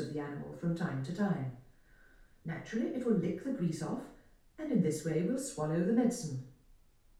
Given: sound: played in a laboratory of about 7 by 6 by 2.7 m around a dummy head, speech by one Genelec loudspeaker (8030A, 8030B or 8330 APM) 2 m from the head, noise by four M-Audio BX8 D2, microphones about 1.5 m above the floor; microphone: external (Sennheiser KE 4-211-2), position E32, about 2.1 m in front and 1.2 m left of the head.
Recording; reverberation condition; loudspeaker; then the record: female speech in English; medium; 120 degrees to the right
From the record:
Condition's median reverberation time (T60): about 510 ms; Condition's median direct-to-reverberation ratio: about -0.5 dB